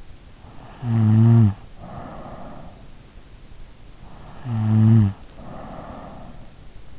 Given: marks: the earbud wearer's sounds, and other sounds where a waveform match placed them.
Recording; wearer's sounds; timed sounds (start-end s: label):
sounds in sleep by an in-ear microphone; snoring breath
0.26-2.82 s: snoring breath
3.74-6.99 s: snoring breath